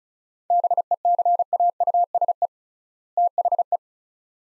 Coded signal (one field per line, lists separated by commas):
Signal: Morse code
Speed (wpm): 34 wpm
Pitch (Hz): 700 Hz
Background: none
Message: BECAUSE THE